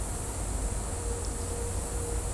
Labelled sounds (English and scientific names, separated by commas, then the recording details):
none
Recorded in dense forest near Puerto Asís, Putumayo, Colombia, on 26 December 2024 at 14:30
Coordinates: 0.503, -76.323
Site G043